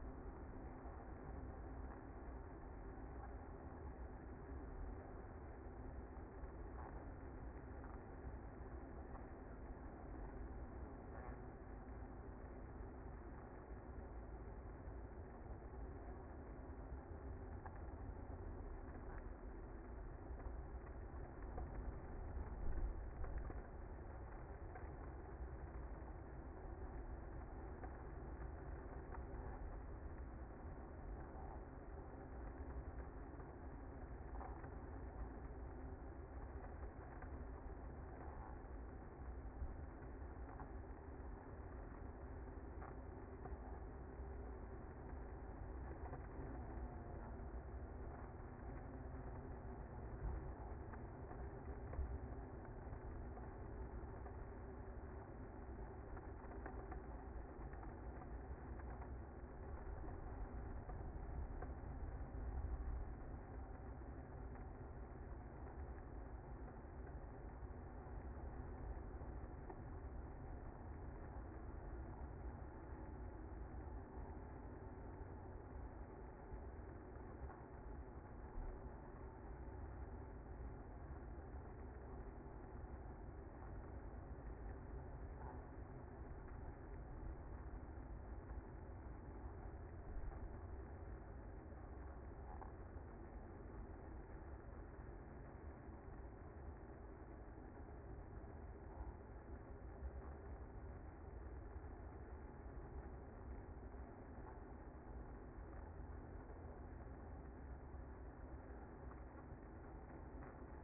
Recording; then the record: honeybee colony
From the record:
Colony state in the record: active